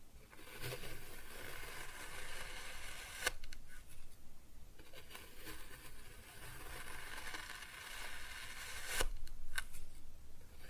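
Kinetic sand is cut and scooped in long, grainy scraping strokes, each lasting a second or two with short quiet gaps between. Sharp clicks or snaps stand out near three and nine seconds, and a few softer taps follow toward the end.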